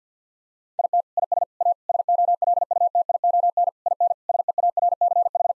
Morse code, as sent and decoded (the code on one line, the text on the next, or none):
.. - / .. ... / .- / ... --- .-.. ..- - .. --- -. / .. -. / ... . .- .-. -.-. ....
IT IS A SOLUTION IN SEARCH